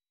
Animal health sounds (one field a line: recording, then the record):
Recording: hydrophone in a shrimp aquaculture tank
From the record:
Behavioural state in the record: weakened